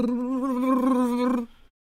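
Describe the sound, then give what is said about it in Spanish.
A voice imitates, the way Spanish speakers do, someone who is very cold and shivering: a steady rolled "brrr" with a wavering, trilled tone that holds for over a second before cutting off. “Alguien que tiene mucho frío.”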